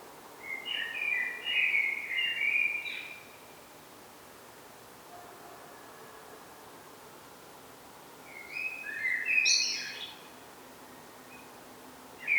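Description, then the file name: Common blackbird singing two rich, fluty warbled phrases separated by a long quiet pause, the second with higher notes; another phrase begins at the very end. "Turdus merula"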